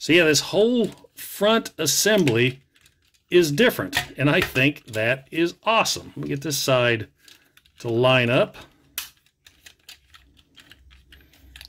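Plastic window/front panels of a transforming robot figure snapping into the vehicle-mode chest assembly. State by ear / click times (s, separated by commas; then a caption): seated / 11.6 s. Someone talks while lining up the side of the plastic truck-front assembly on a KO Jumbo Siege Nemesis Prime transforming robot figure, followed by a few small handling clicks. The plastic window panels then snap shut into the vehicle-mode chest assembly with quick double clicks at 11.6 s and 11.6 s, seating everything in place.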